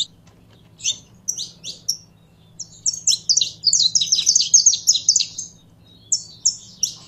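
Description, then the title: Belgian canary giving scattered high chirps that build into a quick trilled phrase, then trail off into a few separate notes; faint hum underneath. Song of a purebred Belgian canary. "Canto Do Canário Belga Puro"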